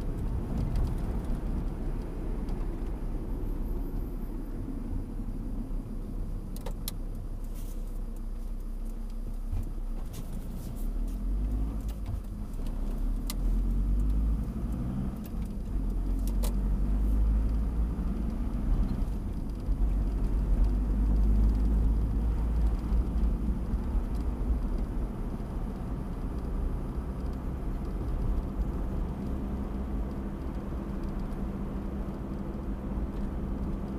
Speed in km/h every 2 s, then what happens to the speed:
40, 35, 22, 11, 5, 8, 13, 18, 24, 31, 36, 40, 44, 45, 47, 48, 47.
0-7 brakes to 5. 9-29 speeds up to 48.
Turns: none.